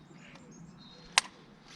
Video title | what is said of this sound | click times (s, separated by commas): Must Have Audi Indicator Upgrade - Full Installation Video | till you hear a little click like that | 1.2 s